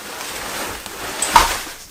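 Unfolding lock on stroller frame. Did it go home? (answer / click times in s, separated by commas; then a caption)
no / none. The unfolding lock on a Valcobaby Slim Twin stroller frame is handled, with a faint tick near 0.9 s and a brighter knock around 1.2 to 1.4 s over low background hiss. Nothing has seated or clicked yet.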